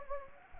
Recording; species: mosquito wingbeat signal from an infrared sensor; Anopheles gambiae